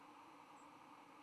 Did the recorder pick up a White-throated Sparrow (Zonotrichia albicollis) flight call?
no